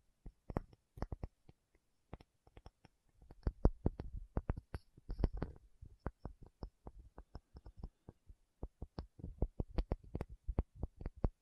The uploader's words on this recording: ASMR 1 Hour Tapping Session (No Talking).